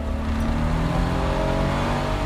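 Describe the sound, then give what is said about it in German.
A car engine roars steadily under hard, flat-out acceleration at 100 miles per hour on the M1 motorway, a dense low rumble with rising harmonic tones, loud and continuous with no voices. “100 Meilen pro Stunde. So geschockt war ich. Bleifuß auf der M1 zur Austreibung der alten und neuen Geister von Wakefield.”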